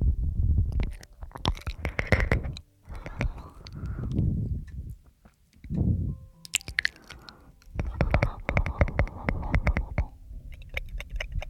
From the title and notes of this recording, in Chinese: 又是新鲜口腔声asmr。